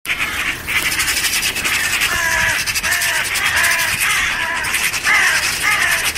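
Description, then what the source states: Western Jackdaw screaming calls, harsh repeated cries with several overlapping birds, continuing steadily throughout. A hawk attacked a jackdaw; two other jackdaws gathered around and are screaming.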